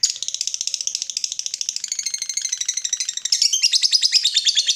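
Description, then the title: Yellow-vented bulbul chattering calls: a fast continuous run of scratchy high notes that grows louder after about three seconds. Used as a bird lure (pikat). "PIKAT TRUCUKAN"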